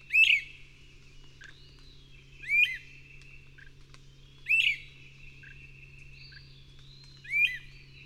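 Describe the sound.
Bird song of high whistled phrases with a quick rising flourish and a drawn-out tail, four phrases about two to three seconds apart, over a steady low hum.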